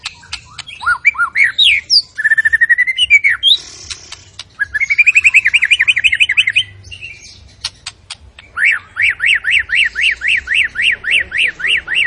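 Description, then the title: White-rumped shama song: swooping whistles and mixed phrases, then two long runs of rapid, repeated up-down notes. Lure recording for white-rumped shamas; energetic singing with its full repertoire, said to boost other birds' emotions. "PANCINGAN MURAI BATU. MURAI GACOR SUPER EDAN SEMUA MATERI DI KELUARIN COCOK BUAT DONGKRAK EMOSI. SHAMA BIRD"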